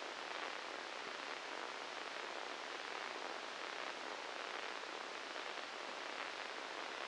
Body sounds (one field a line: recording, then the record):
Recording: brain microelectrode recording played as sound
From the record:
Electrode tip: inside the subthalamic nucleus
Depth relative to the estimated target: 0 mm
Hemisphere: left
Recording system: NeuroSet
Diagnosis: Parkinson's disease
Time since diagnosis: 8 years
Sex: male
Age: 37 years